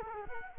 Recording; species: mosquito wingbeat signal from an infrared sensor; Culex quinquefasciatus